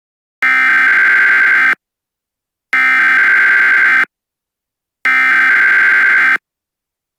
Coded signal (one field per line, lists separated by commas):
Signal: Emergency Alert System (SAME) tones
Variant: header bursts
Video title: EAs Scenario 1: Red Hulk Attack